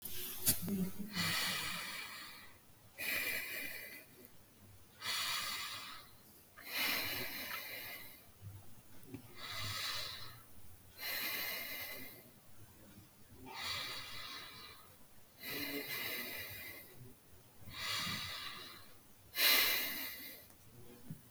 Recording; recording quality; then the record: deep breathing; excellent, no background noise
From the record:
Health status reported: healthy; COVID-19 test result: not tested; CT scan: not taken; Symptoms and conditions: breathing difficulty, sore throat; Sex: female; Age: 21 years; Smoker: no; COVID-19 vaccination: both doses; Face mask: not worn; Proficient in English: yes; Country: India